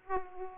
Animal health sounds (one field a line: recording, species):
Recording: mosquito wingbeat signal from an infrared sensor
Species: Aedes aegypti